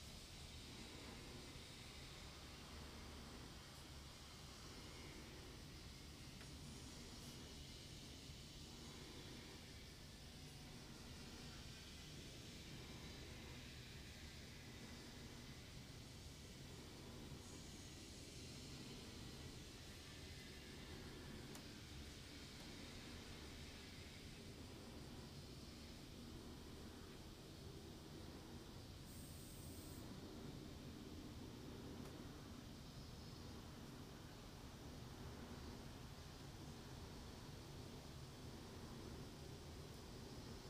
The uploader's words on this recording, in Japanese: 洗濯機が止まるまで庭を録ってみた。中盤あたりから騒がしくなります(セミのせい)。